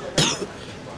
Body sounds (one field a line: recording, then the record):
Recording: coughing mixed with background sound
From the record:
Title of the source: Wet coughing